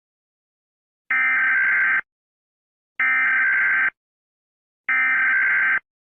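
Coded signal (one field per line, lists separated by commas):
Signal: Emergency Alert System (SAME) tones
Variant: header bursts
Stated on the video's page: Mock EAS alert, fictional, set in a children's cartoon episode.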